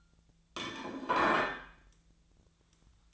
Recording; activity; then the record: daily activity, microphone in the room; place plate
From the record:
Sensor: 3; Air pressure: 1009.3 hPa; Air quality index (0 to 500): 199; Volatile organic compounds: 17 ppm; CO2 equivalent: 2579 ppm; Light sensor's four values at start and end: 34/85/36/39 and 34/85/36/39